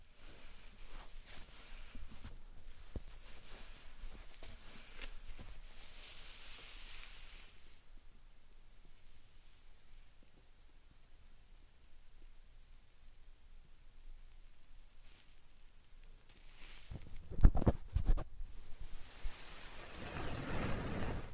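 Slime and sand being handled, with soft squishing, crackling and grainy rustles in the first seven seconds, including a bright hiss near six seconds. A quieter stretch follows, then sharp sticky pops and clicks around seventeen to eighteen seconds, and a rising gritty rush at the end.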